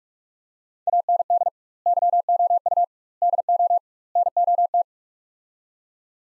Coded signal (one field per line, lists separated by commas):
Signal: Morse code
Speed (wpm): 44 wpm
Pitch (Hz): 700 Hz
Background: none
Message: AND YOU DO NOT